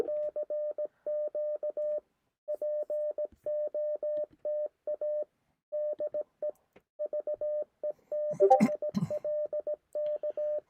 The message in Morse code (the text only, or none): CQ POTA DE VE6LK